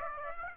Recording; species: mosquito wingbeat signal from an infrared sensor; Aedes aegypti